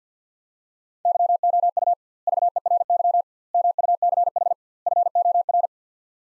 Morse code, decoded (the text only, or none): YOU VERY MUCH FOR